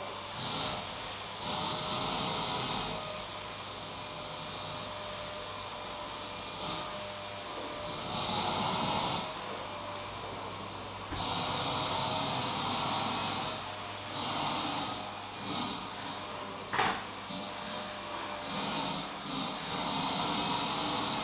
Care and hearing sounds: daily activity, microphone in the room; vacuum cleaning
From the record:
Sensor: 1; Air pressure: 1009.6 hPa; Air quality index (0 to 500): 194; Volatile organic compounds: 19 ppm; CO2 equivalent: 2653 ppm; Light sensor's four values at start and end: 30/76/32/38 and 31/79/33/40

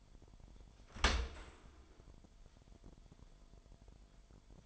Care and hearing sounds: daily activity, microphone in the room; open dishwasher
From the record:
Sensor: 5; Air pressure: 998.4 hPa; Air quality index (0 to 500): 82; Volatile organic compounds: 1 ppm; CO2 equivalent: 938 ppm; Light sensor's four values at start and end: 21/48/20/22 and 21/48/20/22

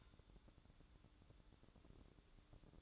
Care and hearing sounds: daily activity, microphone in the room; take from stove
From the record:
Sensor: 3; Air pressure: 1008.0 hPa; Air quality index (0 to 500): 116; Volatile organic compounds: 1 ppm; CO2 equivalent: 968 ppm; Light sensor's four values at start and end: 9/20/8/8 and 9/20/8/8

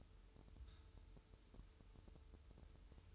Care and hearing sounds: daily activity, microphone in the room; take from stove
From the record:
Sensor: 2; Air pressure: 988.1 hPa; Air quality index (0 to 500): 190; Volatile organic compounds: 182 ppm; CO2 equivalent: 4150 ppm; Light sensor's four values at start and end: 21/71/28/26 and 21/71/28/26

